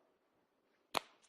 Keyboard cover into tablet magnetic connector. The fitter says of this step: click do you heard that it's solid